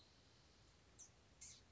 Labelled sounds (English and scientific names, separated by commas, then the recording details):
Blue-gray Gnatcatcher (Polioptila caerulea)
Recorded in Sonoma County, California